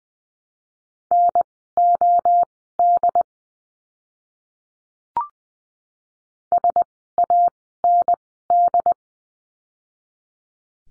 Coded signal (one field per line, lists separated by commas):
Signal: Morse code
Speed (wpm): 20 wpm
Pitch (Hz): 700 Hz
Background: none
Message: NOD SAND